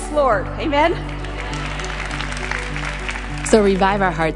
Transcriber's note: applause